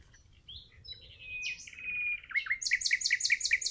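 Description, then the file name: Common nightingale song: soft rising whistles, a long even note, then a quick string of loud, strongly accented repeated notes. "Luscinia megarhynchos"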